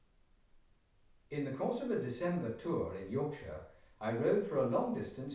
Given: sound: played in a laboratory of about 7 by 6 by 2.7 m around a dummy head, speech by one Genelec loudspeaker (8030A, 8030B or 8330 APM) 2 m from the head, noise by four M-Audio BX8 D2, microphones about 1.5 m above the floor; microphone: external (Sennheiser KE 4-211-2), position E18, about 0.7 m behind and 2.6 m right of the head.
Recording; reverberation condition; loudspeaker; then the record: male speech in English; medium; 30 degrees to the left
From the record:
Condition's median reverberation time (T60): about 510 ms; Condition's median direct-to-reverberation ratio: about -0.5 dB